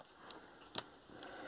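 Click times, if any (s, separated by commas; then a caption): 0.8 s. A laptop battery pack is pushed into its battery bay on a Gateway laptop, repeating the push so the click can be heard again. Soft ticks at about 0.3 s and 1.2 s surround a sharp, bright click at 0.8 s as the plastic latch catches and the battery seats.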